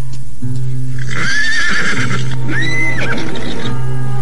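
A horse being urged slowly into a village neighs twice, each whinny a shrill, wavering high-pitched call, over a steady low hum and the faint clop of hooves.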